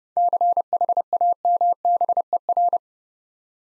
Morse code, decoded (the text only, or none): CHAMBER